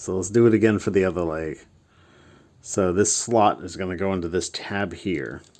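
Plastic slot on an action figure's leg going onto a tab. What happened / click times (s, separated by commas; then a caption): Handled, not yet home: the plastic slot has not snapped onto the tab / none. Someone talks while handling an action figure's leg, lining up a plastic slot to go onto a plastic tab during the transformation. Nothing has seated or clicked yet; the slot is not home when the clip ends.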